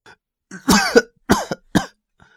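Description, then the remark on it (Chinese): A man in bed coughs three times, harsh and raspy, in quick succession: the first longer and strained with a throaty edge, the next two shorter and sharper, with no talking. “咳嗽两声，费力地伸手勾来床头上的呼唤器按了下去。”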